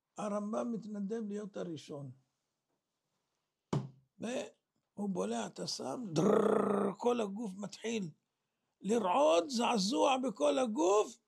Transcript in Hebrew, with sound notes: הרמבם מתנדב להיות הראשון והוא בולע את הסם דר [גניחות] כל הגוף מתחיל לרעות זעזוע בכל הגוף